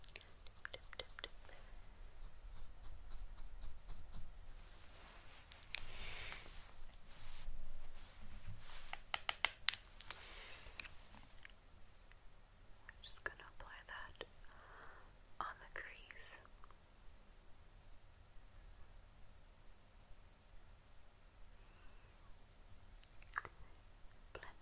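Tapping and handling of makeup packaging. Sharp little clicks and taps come irregularly, busiest from about five to ten seconds and again near fifteen seconds, with crisp rustling bursts between. A soft low hum sits underneath.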